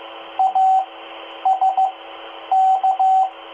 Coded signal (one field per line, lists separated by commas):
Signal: Morse code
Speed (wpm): 15 wpm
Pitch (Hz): 760 Hz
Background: radio noise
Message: ASK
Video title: Listening to 2 meter band repeater W2YRC @ 146.825 MHz Baofeng UV-5R and Explorer QRZ-1 audio tests